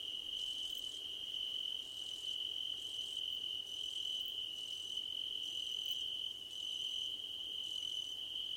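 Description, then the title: Crickets trilling continuously at a high pitch, while fainter higher chirps come in short groups about every second in the background. Crickets at night under a starlit sky. "Nighttime Ambience with Crickets 🌃"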